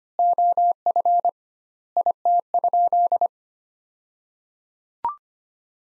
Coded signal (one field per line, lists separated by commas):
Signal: Morse code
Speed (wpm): 25 wpm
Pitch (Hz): 700 Hz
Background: none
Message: OF IT?